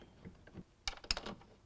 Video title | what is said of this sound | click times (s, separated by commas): How to Remove Factory Front Bumper off of 2017 Ram 1500 | we have it lined up we should be able to hear the back click into place | 0.9 s, 1.1 s